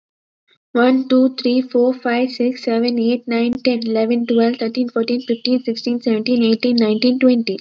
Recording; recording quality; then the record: counting at a fast pace; excellent, no background noise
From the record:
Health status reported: healthy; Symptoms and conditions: none ticked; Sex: female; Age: 20 years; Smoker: not ticked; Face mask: not worn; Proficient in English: yes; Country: India